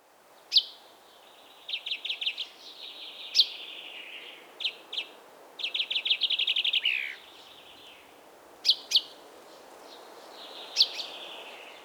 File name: Pinzon vulgar